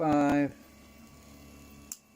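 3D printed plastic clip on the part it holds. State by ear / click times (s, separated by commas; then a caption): released / 1.9 s. Someone talks briefly at the start, then a faint steady hum runs under the quiet as a 3D printed plastic clip that was stuck on hard is pulled off the part it holds. A sharp, short click at 1.9 s marks the clip coming free.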